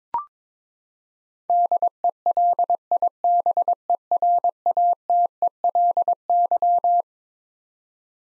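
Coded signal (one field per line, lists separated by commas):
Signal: Morse code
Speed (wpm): 22 wpm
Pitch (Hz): 700 Hz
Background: none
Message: DELIBERATELY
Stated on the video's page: Morse code head-copy drill of twelve-letter words at 22 wpm, each word sent, spoken, then sent again.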